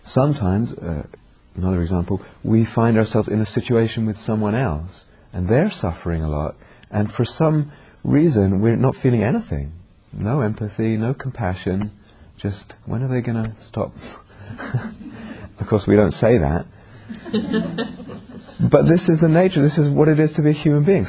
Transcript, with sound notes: Sometimes -- another example -- we find ourselves in a situation with someone else, and they're suffering a lot, and for some reason we're not feeling anything, no empathy, no compassion, just, "When are they going to stop ...?" [laughter] Of course, we don't say that. [laughter] But this is the nature, this is what it is to be a human being.